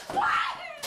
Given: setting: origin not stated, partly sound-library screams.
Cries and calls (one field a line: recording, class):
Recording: one-second piece from a danger detection set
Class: woman in danger